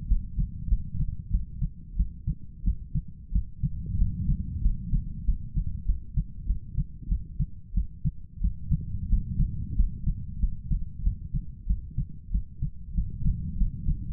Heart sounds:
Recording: heart sounds by stethoscope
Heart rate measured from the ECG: 93 bpm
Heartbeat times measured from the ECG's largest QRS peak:
0.08 s: heartbeat
0.69 s: heartbeat
1.31 s: heartbeat
1.97 s: heartbeat
2.64 s: heartbeat
3.32 s: heartbeat
3.98 s: heartbeat
4.62 s: heartbeat
5.25 s: heartbeat
5.86 s: heartbeat
6.47 s: heartbeat
7.09 s: heartbeat
7.74 s: heartbeat
8.41 s: heartbeat
9.09 s: heartbeat
9.76 s: heartbeat
10.40 s: heartbeat
11.03 s: heartbeat
11.67 s: heartbeat
12.31 s: heartbeat
12.95 s: heartbeat
13.58 s: heartbeat
From the record:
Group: healthy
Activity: cold pressor test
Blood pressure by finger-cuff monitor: 146/89 mmHg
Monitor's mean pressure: 104 mmHg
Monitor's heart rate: 94 bpm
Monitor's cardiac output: 7.9 L/min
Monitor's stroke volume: 85 mL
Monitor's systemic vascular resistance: 980 dyn s/cm5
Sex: male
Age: 23 years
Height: 179 cm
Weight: 87 kg

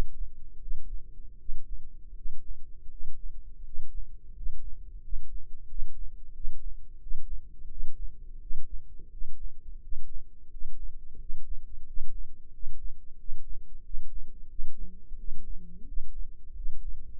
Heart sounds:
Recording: heart sounds by microphone in the left ear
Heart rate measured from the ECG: 87 bpm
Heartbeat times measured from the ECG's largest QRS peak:
0.59 s: heartbeat
1.37 s: heartbeat
2.13 s: heartbeat
2.88 s: heartbeat
3.63 s: heartbeat
4.33 s: heartbeat
5.00 s: heartbeat
5.67 s: heartbeat
6.32 s: heartbeat
6.99 s: heartbeat
7.68 s: heartbeat
8.39 s: heartbeat
9.09 s: heartbeat
9.80 s: heartbeat
10.49 s: heartbeat
11.17 s: heartbeat
11.84 s: heartbeat
12.51 s: heartbeat
13.16 s: heartbeat
13.82 s: heartbeat
14.47 s: heartbeat
15.16 s: heartbeat
15.85 s: heartbeat
16.54 s: heartbeat
From the record:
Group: healthy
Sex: male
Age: 33 years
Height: 179 cm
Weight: 80.4 kg

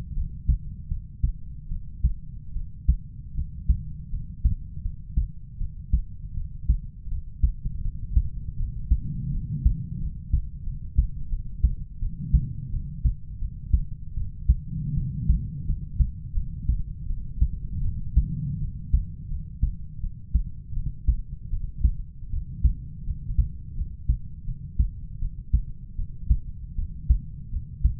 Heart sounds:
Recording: heart sounds by stethoscope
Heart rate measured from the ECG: 81 bpm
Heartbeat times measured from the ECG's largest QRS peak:
0.14 s: heartbeat
0.88 s: heartbeat
1.69 s: heartbeat
2.53 s: heartbeat
3.34 s: heartbeat
4.10 s: heartbeat
4.82 s: heartbeat
5.58 s: heartbeat
6.34 s: heartbeat
7.08 s: heartbeat
7.81 s: heartbeat
8.56 s: heartbeat
9.31 s: heartbeat
9.98 s: heartbeat
10.63 s: heartbeat
11.29 s: heartbeat
11.99 s: heartbeat
12.70 s: heartbeat
13.39 s: heartbeat
14.14 s: heartbeat
14.94 s: heartbeat
15.65 s: heartbeat
16.34 s: heartbeat
17.06 s: heartbeat
17.82 s: heartbeat
18.59 s: heartbeat
19.28 s: heartbeat
20.00 s: heartbeat
20.73 s: heartbeat
21.50 s: heartbeat
22.30 s: heartbeat
23.04 s: heartbeat
23.75 s: heartbeat
24.45 s: heartbeat
25.19 s: heartbeat
25.95 s: heartbeat
26.75 s: heartbeat
27.50 s: heartbeat
From the record:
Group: healthy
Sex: male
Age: 20 years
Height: 187 cm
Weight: 68.9 kg

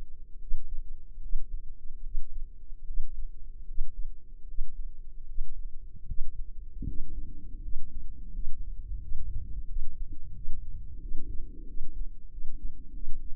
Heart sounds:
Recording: heart sounds by microphone in the left ear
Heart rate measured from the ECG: 81 bpm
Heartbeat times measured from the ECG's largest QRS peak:
0.39 s: heartbeat
1.21 s: heartbeat
2.03 s: heartbeat
2.85 s: heartbeat
3.66 s: heartbeat
4.46 s: heartbeat
5.26 s: heartbeat
6.06 s: heartbeat
6.85 s: heartbeat
7.61 s: heartbeat
8.32 s: heartbeat
9.00 s: heartbeat
9.66 s: heartbeat
10.33 s: heartbeat
10.99 s: heartbeat
11.65 s: heartbeat
12.29 s: heartbeat
12.92 s: heartbeat
From the record:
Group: healthy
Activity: breath hold 0-9 s, rest 9-13 s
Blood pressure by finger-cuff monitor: 105/62 mmHg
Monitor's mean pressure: 79 mmHg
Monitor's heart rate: 76 bpm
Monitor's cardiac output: 6.8 L/min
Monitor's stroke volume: 88 mL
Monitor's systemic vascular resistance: 860 dyn s/cm5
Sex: female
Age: 24 years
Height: 163 cm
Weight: 55.7 kg

